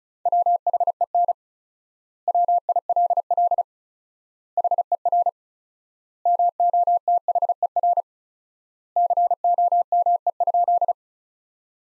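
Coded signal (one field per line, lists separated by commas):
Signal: Morse code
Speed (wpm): 34 wpm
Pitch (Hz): 700 Hz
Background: none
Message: WHEN WILL HER MOTHER COME?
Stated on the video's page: Practice sentences from top 200 words at 35 wpm with 4x word-spacing, a word-based approach analogous to Farnsworth.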